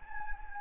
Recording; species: mosquito wingbeat signal from an infrared sensor; Anopheles gambiae